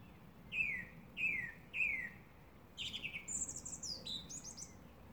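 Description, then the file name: Song thrush singing: a clear descending whistled phrase repeated three times, then a run of higher, squeakier varied notes. "Drozd pevchij - Zvuki pevchego drozda"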